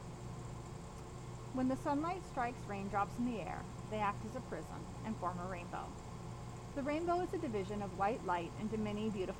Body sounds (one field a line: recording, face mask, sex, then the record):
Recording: reading aloud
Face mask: surgical mask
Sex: female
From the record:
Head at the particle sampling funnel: turned sideways, cheek in front of it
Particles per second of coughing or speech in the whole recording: 0.435